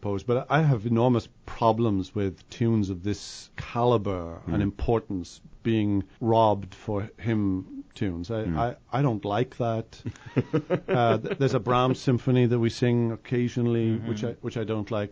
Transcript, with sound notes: …but I have enormous problems with tunes of this caliber and importance being robbed for hymn tunes. I don’t like that! [Laughter] There’s a Brahms symphony that we sing occasionally which I don’t like;